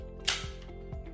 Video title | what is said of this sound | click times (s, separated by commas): CeQur Simplicity, Ready Set Click – Quick Start Video | the inserter you'll notice you'll hear a loud click | 0.3 s